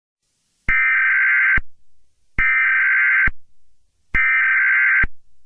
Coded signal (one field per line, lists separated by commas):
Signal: Emergency Alert System (SAME) tones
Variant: header bursts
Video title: Mini EAS SCENARIO: Red Moon